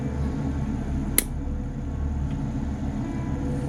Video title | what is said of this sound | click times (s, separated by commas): AGORA Models 1:200 Scale Build the R.M.S. TITANIC Shipment - 21 (Build Video) | so when everything clicks into place | 1.2 s